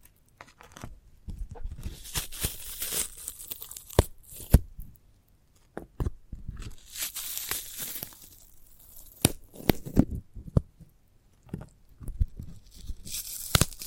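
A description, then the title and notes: Sprouted coconut being handled: bursts of crisp tearing and crunching, separated by short pauses, with sharp clicks around four, ten and thirteen seconds. ASMR of a Sprouted Coconut (No Talking).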